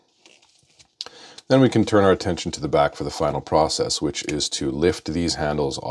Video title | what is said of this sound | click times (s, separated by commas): Transformers War for Cybertron Kingdom Blaster & Eject transformed | There are some tabs that it clips into right there. | 1.0 s